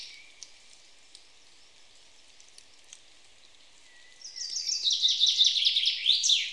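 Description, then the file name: Common chaffinch singing one loud, rattling phrase near the end that tumbles downward and finishes with a sharp flourish, after a stretch of faint bird chirps. "Fringilla coelebs"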